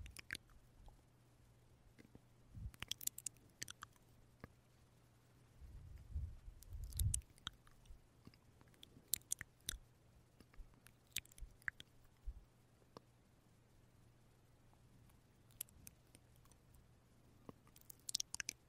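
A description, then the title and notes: Mouth sounds and kiss sounds: scattered wet clicks, smacks and pops, irregular and sometimes in quick bursts, with a denser cluster of soft low thumps and smacks around six to seven seconds. A faint steady low hum runs underneath throughout. Mouth sound , kiss sound.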